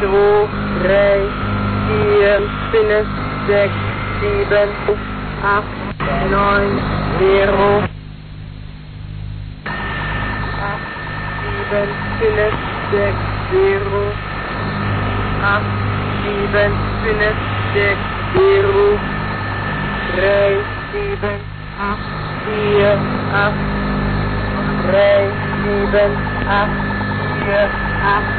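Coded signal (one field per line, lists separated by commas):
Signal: numbers station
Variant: G12, German female voice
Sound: female voice reading German digits in groups of five over radio hiss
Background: radio static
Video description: Die letzte Stimme von NNN bis zur Einstellung des Sendebetriebes.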